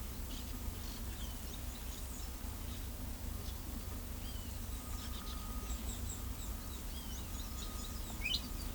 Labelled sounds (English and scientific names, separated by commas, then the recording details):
Carib Grackle (Quiscalus lugubris)
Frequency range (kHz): Carib Grackle (Quiscalus lugubris) 2.1-8.3 kHz
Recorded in pastures near Pivijay, Magdalena, Colombia, on 3 June 2023 at 13:30
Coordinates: 10.456, -74.369
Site P6-G026